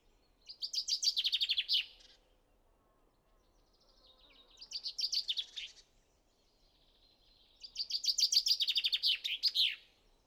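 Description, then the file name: Common chaffinch singing three trilled song phrases, separated by about two seconds of quiet. "Fringilla coelebs"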